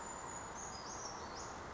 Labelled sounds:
Brown Creeper (Certhia americana)
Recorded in Sonoma County, California

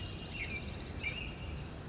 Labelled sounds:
American Robin (Turdus migratorius)
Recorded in Sonoma County, California

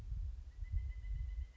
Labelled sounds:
Pileated Woodpecker (Dryocopus pileatus)
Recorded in Sonoma County, California

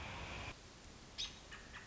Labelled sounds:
American Robin (Turdus migratorius)
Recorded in Sonoma County, California

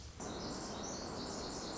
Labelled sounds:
Pacific Wren (Troglodytes pacificus)
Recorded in Sonoma County, California

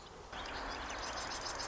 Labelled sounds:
Marsh Wren (Cistothorus palustris)
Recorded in Sonoma County, California

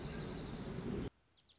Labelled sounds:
Dark-eyed Junco (Junco hyemalis)
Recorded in Sonoma County, California

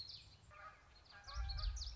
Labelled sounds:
Common Yellowthroat (Geothlypis trichas)
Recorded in Sonoma County, California

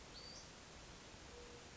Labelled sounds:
Western Flycatcher (Empidonax difficilis)
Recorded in Sonoma County, California

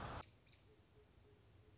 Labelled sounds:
American Robin (Turdus migratorius)
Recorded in Sonoma County, California

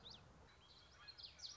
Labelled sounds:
Common Yellowthroat (Geothlypis trichas)
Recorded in Sonoma County, California

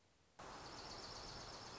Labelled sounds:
Dark-eyed Junco (Junco hyemalis)
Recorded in Sonoma County, California

